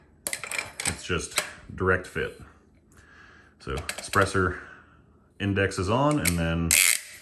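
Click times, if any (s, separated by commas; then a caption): none. A suppressor designed specifically for a SCAR MK17 rifle is being fitted directly onto the rifle's muzzle device, with no adapter. It is indexed on and its metal locking collar is handled. Someone talks over a few short metallic handling ticks near the start, but the collar has not locked and nothing has seated or clicked into place yet.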